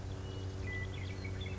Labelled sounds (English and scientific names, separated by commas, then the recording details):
Western Meadowlark (Sturnella neglecta)
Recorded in Sonoma County, California